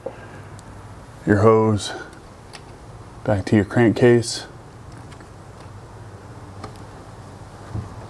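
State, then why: Not seated. A plastic quick-connect coupling on a PCV/breather hose is handled at the crankcase vent port of a Jeep Wrangler 2.0 turbo engine while a Mishimoto baffled oil catch can is being installed. Someone talks over a low steady background with a few faint ticks. Nothing has seated or clicked yet.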